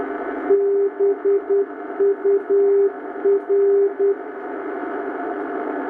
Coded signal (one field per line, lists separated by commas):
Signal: Morse code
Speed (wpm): 10 wpm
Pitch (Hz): 400 Hz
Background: radio noise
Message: BUR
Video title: NDBs as a Morse code exercise